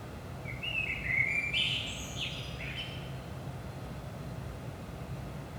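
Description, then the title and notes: Common blackbird gives one mellow warbled phrase rising into a squeaky twittered ending, followed by quiet background rumble. Recorded at 5 am in early morning in Saint-Gilles, Belgium; DPA 4060 microphones in AB position into a Zoom F3 recorder. "Saint-Gilles, Belgique - 5am Blackbird. Blackbird in the morning. Merle au petit matin"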